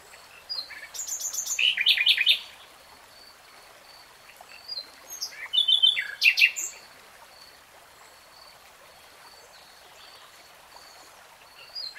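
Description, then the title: Nightingale: song phrases with rapid buzzy notes and sharp chips, separated by long quiet spells. Singing in real time. "[Tiếng chim hót] 3 Hours REALTIME Nightingale Singing"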